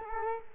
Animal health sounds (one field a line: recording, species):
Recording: mosquito wingbeat signal from an infrared sensor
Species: Culex quinquefasciatus